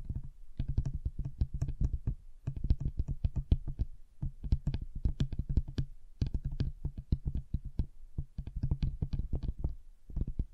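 Fingers tap on a table in quick, dense bursts, each strike a short knock with a deep thud and a clicky top. The tapping comes in runs of about a second and a half separated by brief pauses, keeping an even, busy pace throughout.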